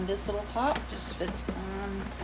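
Someone talks while a small plastic top is fitted onto and lined up with the top tray of a food dehydrator, with light handling sounds under the voice. The top has not snapped or seated into place yet.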